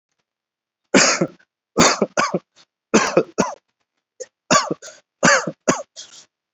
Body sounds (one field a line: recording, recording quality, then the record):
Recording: heavy voluntary cough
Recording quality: excellent, no background noise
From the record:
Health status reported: COVID-19 positive, mild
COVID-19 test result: positive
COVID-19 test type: RT-PCR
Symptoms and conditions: fever, diarrhoea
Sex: male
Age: 33 years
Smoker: no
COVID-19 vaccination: one dose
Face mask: worn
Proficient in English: yes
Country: India